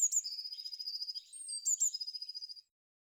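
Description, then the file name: Eurasian blue tit singing twice: sharp high notes, then a rapid, thin, even trill lasting about a second, followed by silence. "pimpelmees"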